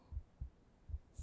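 A calm, steady adult heartbeat heard up close, as if while being hugged: soft, low, deep lub-dub thumps repeating at a relaxed, even pace.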